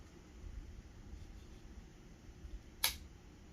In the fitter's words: locks into place